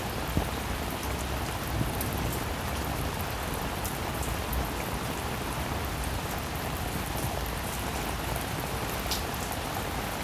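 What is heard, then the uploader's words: Gentle rain falls in a steady, dense patter across the whole clip, with occasional brighter drops ticking close by over a soft low hiss. Relaxing Rainfall. The sound of a gentle rainfall.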